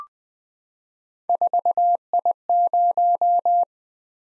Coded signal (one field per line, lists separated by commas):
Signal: Morse code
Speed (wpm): 20 wpm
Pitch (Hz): 700 Hz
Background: none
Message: 4I0